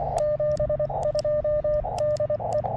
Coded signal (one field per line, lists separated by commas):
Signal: Morse code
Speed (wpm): 24 wpm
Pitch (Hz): 1200 Hz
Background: radio noise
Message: 72 DE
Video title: CW POTA at US-2145 Stony Brook State Park